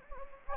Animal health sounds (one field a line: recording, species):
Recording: mosquito wingbeat signal from an infrared sensor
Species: Anopheles gambiae